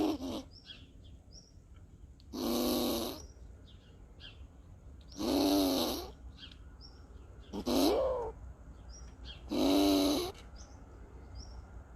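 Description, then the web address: Squirrel uttering repeated grating, snore-like growls about every two to three seconds, some slightly rising in pitch, over light background chirping. Angry squirrel growling. "zlaya belka rychit"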